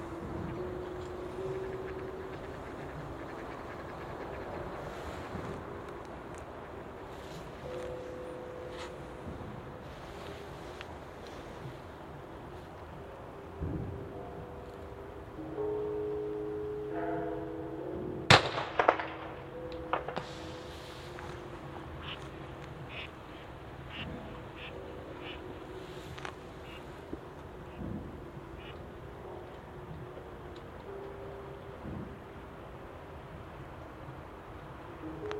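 A New Year's Eve field recording in Japan, with a steady low traffic rumble throughout and scattered small knocks and clatters. Sustained humming tones swell between about 14 and 20 seconds, and a sharp, loud strike at 18 seconds rings out and fades.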